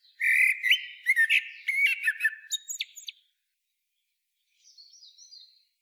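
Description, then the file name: Common blackbird giving one long whistled phrase that turns into rapid high squeaky notes, followed after a pause by a soft twitter. "Turdus merula"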